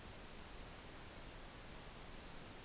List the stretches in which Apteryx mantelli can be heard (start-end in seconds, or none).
none